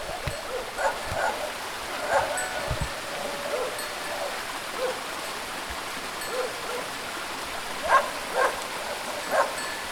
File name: nature small village dogs barking turkey rooster background